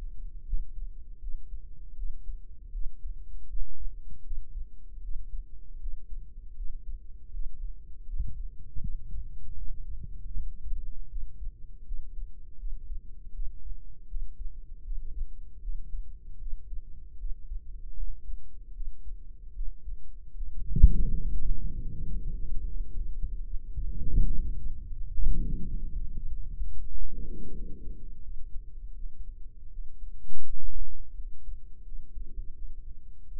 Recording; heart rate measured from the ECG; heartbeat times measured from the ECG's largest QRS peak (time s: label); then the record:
heart sounds by microphone in the right ear; 80 bpm
0.45 s: heartbeat
1.20 s: heartbeat
1.95 s: heartbeat
2.71 s: heartbeat
3.47 s: heartbeat
4.23 s: heartbeat
5.01 s: heartbeat
5.79 s: heartbeat
6.55 s: heartbeat
7.31 s: heartbeat
8.06 s: heartbeat
8.80 s: heartbeat
9.56 s: heartbeat
10.31 s: heartbeat
11.08 s: heartbeat
11.84 s: heartbeat
12.57 s: heartbeat
13.32 s: heartbeat
14.07 s: heartbeat
14.82 s: heartbeat
15.60 s: heartbeat
16.38 s: heartbeat
17.17 s: heartbeat
17.95 s: heartbeat
18.72 s: heartbeat
19.53 s: heartbeat
20.33 s: heartbeat
21.13 s: heartbeat
21.89 s: heartbeat
22.65 s: heartbeat
23.41 s: heartbeat
24.17 s: heartbeat
24.91 s: heartbeat
25.62 s: heartbeat
26.26 s: heartbeat
26.89 s: heartbeat
27.51 s: heartbeat
28.21 s: heartbeat
28.94 s: heartbeat
29.69 s: heartbeat
30.44 s: heartbeat
31.14 s: heartbeat
31.82 s: heartbeat
32.53 s: heartbeat
33.27 s: heartbeat
From the record:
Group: healthy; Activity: Valsalva maneuver 0-25 s, rest 25-33 s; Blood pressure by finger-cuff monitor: 86/52 mmHg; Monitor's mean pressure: 65 mmHg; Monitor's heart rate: 80 bpm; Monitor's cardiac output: 7.2 L/min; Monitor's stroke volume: 90 mL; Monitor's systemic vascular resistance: 640 dyn s/cm5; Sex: female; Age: 22 years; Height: 161 cm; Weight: 65.5 kg